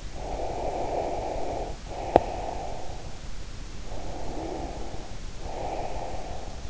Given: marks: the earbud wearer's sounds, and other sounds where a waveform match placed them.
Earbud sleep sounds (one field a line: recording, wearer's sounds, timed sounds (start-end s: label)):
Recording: sounds in sleep by an in-ear microphone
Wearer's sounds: breath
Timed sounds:
0.14-3.07 s: breath
3.85-6.70 s: breath